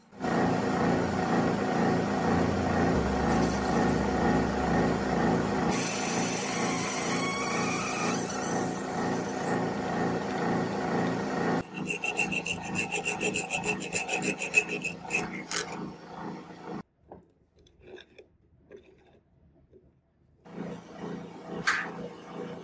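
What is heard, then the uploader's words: Rusty bolt being worked into a lighter: steady rasping and grinding for about sixteen seconds, then near silence broken by scattered small scrapes. Turning Rusty BOLT into a Beautiful Pocket LIGHTER.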